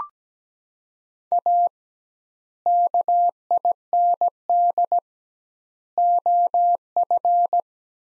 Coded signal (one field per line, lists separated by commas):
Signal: Morse code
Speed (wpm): 17 wpm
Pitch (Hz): 700 Hz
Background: none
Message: A KIND OF